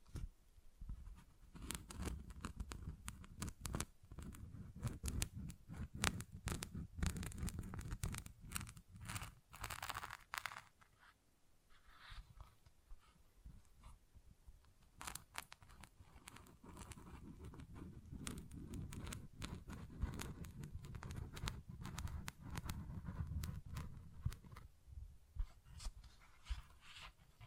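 Tapping and scratching fill the clip: dense, irregular crisp clicks and scrapes over a low rumbling rub, with a quieter stretch around ten seconds.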